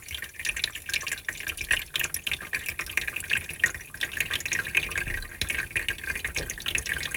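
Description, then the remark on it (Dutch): Liquid trickles slowly and steadily into a small jug, a continuous bright gurgling stream with little drips and splashes, moderately loud and uninterrupted for several seconds with no talking. “En nu langzaam komt het dan in dat kannetje.”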